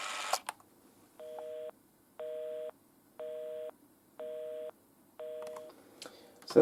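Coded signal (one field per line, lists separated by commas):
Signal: telephone call progress tone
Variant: North America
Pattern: busy tone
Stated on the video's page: Call progress tone heard on a 1972 Bell System Western Electric rotary Trimline phone.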